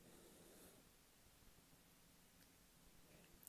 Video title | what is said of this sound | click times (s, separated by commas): Flipper Zero : Connect your Nintendo Wii Nunchuck and Classic Controller | okay we are a little click | 3.5 s